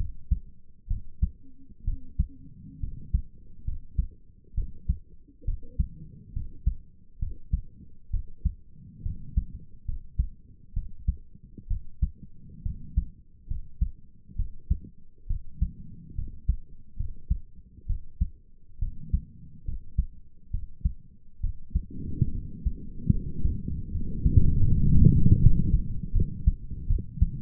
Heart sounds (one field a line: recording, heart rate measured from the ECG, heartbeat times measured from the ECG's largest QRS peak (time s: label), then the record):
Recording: heart sounds by stethoscope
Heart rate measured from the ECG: 69 bpm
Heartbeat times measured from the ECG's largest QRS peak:
0.87 s: heartbeat
1.84 s: heartbeat
2.80 s: heartbeat
3.64 s: heartbeat
4.54 s: heartbeat
5.44 s: heartbeat
6.33 s: heartbeat
7.19 s: heartbeat
8.10 s: heartbeat
9.02 s: heartbeat
9.85 s: heartbeat
10.73 s: heartbeat
11.67 s: heartbeat
12.62 s: heartbeat
13.47 s: heartbeat
14.36 s: heartbeat
15.27 s: heartbeat
16.15 s: heartbeat
16.96 s: heartbeat
17.86 s: heartbeat
18.79 s: heartbeat
19.64 s: heartbeat
20.50 s: heartbeat
21.40 s: heartbeat
22.31 s: heartbeat
23.10 s: heartbeat
23.91 s: heartbeat
24.68 s: heartbeat
25.39 s: heartbeat
26.12 s: heartbeat
26.87 s: heartbeat
From the record:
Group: healthy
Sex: female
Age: 22 years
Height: 154 cm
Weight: 58.7 kg